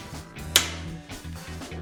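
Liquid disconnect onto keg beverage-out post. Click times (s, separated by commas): 0.6 s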